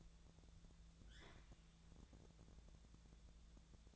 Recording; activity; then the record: daily activity, microphone in the room; open fridge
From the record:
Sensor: 3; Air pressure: 1000.1 hPa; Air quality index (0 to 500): 131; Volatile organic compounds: 2 ppm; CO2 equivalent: 1169 ppm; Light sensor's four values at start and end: 42/107/46/50 and 42/108/46/50